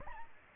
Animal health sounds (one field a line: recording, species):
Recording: mosquito wingbeat signal from an infrared sensor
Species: Aedes aegypti